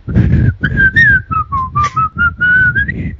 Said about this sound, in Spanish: Aquí lo veo pedaleando con su BH silbando la sintonía de verano azul.